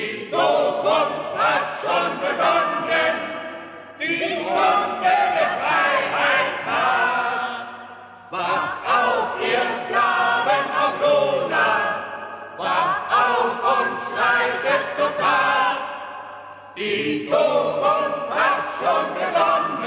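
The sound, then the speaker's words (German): A loud crowd cheers and shouts in celebration, many voices roaring together in repeated surging waves that briefly dip and then swell again. “Der Jubel war groß.”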